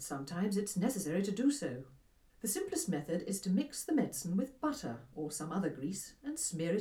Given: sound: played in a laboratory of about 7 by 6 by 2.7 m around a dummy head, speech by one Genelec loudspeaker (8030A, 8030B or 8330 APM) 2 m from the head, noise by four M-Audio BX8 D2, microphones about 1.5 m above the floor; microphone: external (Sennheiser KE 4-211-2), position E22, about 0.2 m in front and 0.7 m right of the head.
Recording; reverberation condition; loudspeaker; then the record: female speech in English; low; 60 degrees to the left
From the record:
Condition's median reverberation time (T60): about 310 ms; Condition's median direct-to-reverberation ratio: about 3.5 dB